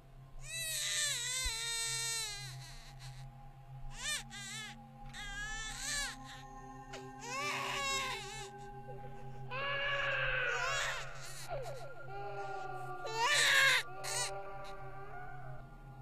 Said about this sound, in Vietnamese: Ngoại trừ khí lạnh và mùi tanh nồng của máu, đâu đó còn có tiếng trẻ con khóc văng vẳng vang lên, làm cho người đàn bà rùng mình.